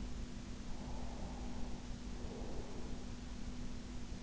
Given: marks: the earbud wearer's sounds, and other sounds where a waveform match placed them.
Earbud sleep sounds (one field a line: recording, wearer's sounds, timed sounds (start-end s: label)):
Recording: sounds in sleep by an in-ear microphone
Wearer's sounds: breath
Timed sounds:
0.58-3.29 s: breath